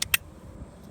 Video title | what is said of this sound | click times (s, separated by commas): McClaren Double Stroller Review | so I just snapped that in as you can hear it | 0.0 s, 0.1 s